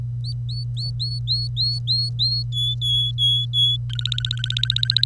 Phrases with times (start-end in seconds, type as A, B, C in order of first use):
0.24-2.43 A, 2.52-3.77 B, 3.90-5.06 C